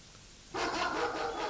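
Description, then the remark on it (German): After a half-second of near silence, several dogs break into loud, overlapping barking and yapping as they jump up against the walls of a house, a dense, high-pitched clamor that keeps going without a pause. “Die Hunde meines Onkels hatten das Haus erreicht. Sie sprangen an den Wänden hoch und kläfften, was das Zeug hielt.”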